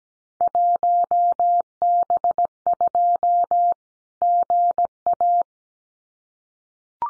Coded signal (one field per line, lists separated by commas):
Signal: Morse code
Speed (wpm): 17 wpm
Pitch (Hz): 700 Hz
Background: none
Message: 1B2 GA